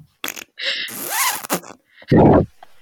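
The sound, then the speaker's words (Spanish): A voice mimics the zipper of a Quechua camping tent opening as someone gets out: a few short rasping zips, a longer sweeping scrape in the middle, then a low, buzzy stuttering snag before it trails off. “El sujeto ha ido de acampada y se dispone a salir de la tienda. Es una quechua y quizá la cremallera se encasquille.”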